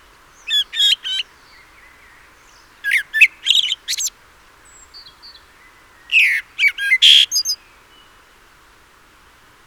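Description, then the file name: Common blackbird producing clipped, chattering call notes in three irregular clusters, with faint softer notes between. "Turdus merula"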